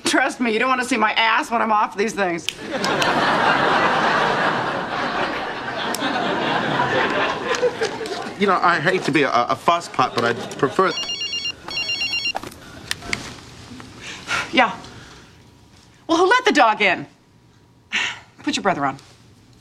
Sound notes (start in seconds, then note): 2.6 laughter; 10.8 soundbite of phone ringing